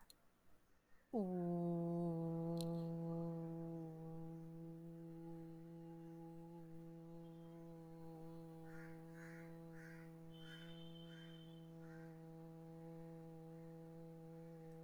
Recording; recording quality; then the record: sustained vowel as in boot; excellent, no background noise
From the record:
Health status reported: healthy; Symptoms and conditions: none ticked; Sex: female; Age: 43 years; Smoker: not ticked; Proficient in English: yes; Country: India